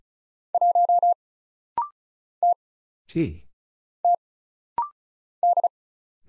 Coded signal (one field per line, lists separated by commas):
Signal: Morse code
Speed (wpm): 34 wpm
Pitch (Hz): 700 Hz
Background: none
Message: 1 T T D